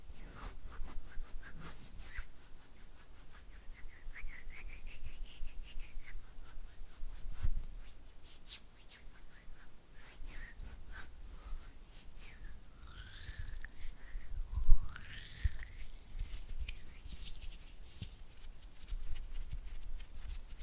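Oily hand and fluttering finger sounds: a steady run of soft, wet, slippery rubs and quick tapping flutters, dense and fairly even throughout. Brief squelchy swishes rise and fall around the middle and again near 13 to 15 seconds, with a low rumble underneath.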